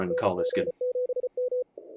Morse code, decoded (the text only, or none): NG7M